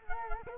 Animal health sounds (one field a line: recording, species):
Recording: mosquito wingbeat signal from an infrared sensor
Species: Culex quinquefasciatus